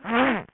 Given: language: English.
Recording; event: throat vibration sensor signal played as sound; throat clearing